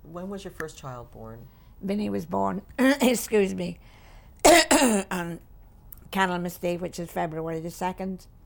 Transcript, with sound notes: when was your first child born?
Vinny was born, excuse me. (she clears her throat) On Candlemas Day, which is February the 2nd,